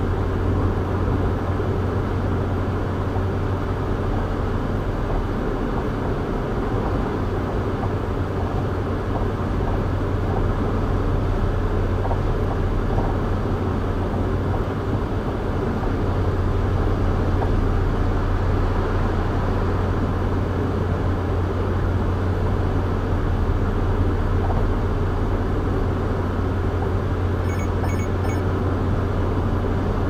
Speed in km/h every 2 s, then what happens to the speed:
116, 118, 118, 118, 116, 116, 116, 114, 114, 113, 113, 113, 113, 114, 116.
0-30 steady at about 116.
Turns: none.